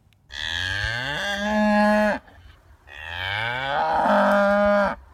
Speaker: dairy cows can express emotion in response to different situations and identify each other by their lowing.